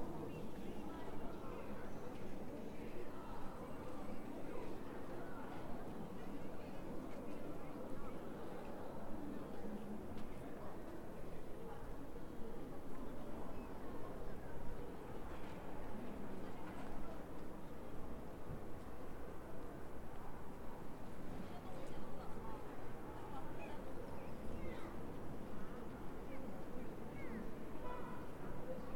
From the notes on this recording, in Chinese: 长春，桂林路